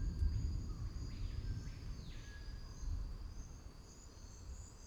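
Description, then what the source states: Insect buzz holding a steady shrill pitch, with a couple of descending swoops early on and a low rumbling wash beneath. Insect solo recorded in the Amazon rainforest.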